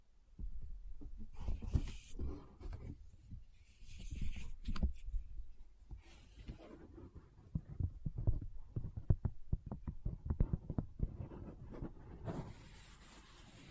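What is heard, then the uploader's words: Someone handles items from a bag, with no talking: irregular tapping, clicking and knocking sounds come in quick, uneven bunches throughout. Brighter crinkly rustles flare up around two, four and six seconds, and a longer hissy rustle runs through the final stretch. ASMR What's In My Bag (No Talking).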